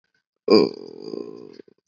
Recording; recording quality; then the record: sustained vowel as in boot; poor, much background noise or distortion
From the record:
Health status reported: COVID-19 positive, mild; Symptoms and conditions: cold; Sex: male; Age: 25 years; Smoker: not ticked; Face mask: not worn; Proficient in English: yes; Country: India